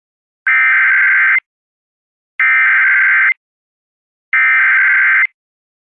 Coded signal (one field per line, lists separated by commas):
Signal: Emergency Alert System (SAME) tones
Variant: header bursts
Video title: EAS- Flash Flood Warning (FFW) KMJ-AM (Mariposa, Tuloneme Counties)